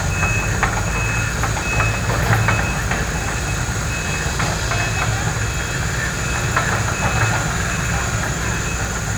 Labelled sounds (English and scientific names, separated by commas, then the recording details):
none
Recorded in pastures near Puerto Asís, Putumayo, Colombia, on 26 December 2024 at 17:30
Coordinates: 0.466, -76.322
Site G040